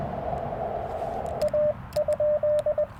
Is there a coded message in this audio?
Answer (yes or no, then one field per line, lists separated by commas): yes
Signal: Morse code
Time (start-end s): 1.4-2.8 s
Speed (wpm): 20 wpm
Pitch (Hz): 600 Hz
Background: radio noise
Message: A?